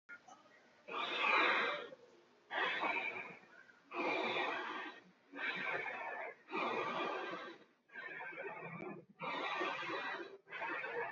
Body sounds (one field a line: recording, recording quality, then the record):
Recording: deep breathing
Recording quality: excellent, no background noise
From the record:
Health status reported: healthy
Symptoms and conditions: none ticked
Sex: male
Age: 30 years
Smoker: not ticked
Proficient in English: yes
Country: India